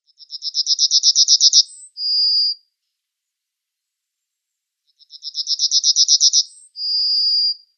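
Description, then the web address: Yellowhammer singing two similar phrases about five seconds apart, each a quick series of high chipping notes closing with a drawn-out whistle. "Schulze Peter Yellowhammer song"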